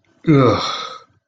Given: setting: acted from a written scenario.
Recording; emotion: vocal sound without words; disgust